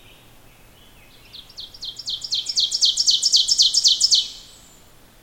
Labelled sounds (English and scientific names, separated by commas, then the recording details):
Ovenbird (Seiurus aurocapilla) song
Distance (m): 5 m
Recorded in boreal forest in Alberta, Canada, on 14 June 2016 at 05:43
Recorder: SongMeter 3, array SBT-3-33
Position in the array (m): 119 m, 25 m
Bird 21